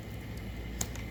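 The flexible vacuum hose of a Dirt Devil Razor Pet (UD70355) stick vacuum is pressed into a plastic retaining clip on the vacuum body to take up slack in the hose. A sharp, short click sounds at 0.8 s, followed by a fainter tick at about 0.95 s over a low steady background. The hose is seated in the clip.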